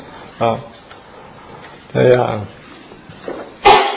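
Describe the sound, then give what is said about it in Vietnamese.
A voice mimics loud knocking on a door with three heavy, booming syllables spaced out over a few seconds, the last one sharper and more percussive, like a thump on wood. “Phải gõ cửa, gõ bằng móng thôi, bây giờ gõ rầm rầm rầm.”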